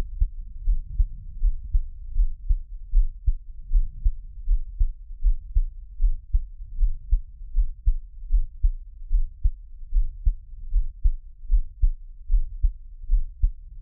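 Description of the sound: Steady low thumping heartbeat, about 77 beats a minute, regular rhythm; an ordinary adult heartbeat heard close-up, the host's own heartbeat offered as ASMR with no talking.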